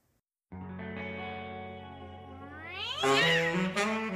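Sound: cat meowing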